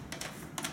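A plastic attachment, with one hook already engaged, has its other side pushed down onto a toy foam blaster. Several short plastic clicks and taps are heard, with the sharpest click at 0.6 s as the attachment snaps on. The attachment is seated back on the blaster.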